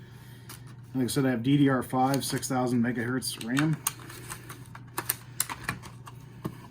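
Someone talks, then a DDR5 6000 MHz RAM stick is pushed into a motherboard DIMM slot facing the wrong way, making a few short, sharp plastic knocks from about 4.3 to 5.7 seconds. Because of the wrong orientation, the stick does not go in, and nothing has seated or clicked yet.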